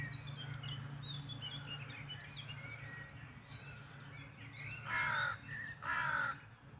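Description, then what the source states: Birds singing in a dawn chorus: many thin, twittering phrases, then two loud, harsh crow caws about a second apart, over a low steady hum. Dawn chorus recorded in May 2026.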